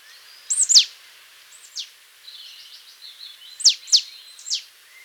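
Marsh tit calling with quick high downward-sweeping notes, often paired, scattered throughout with softer faint notes between and light background hiss.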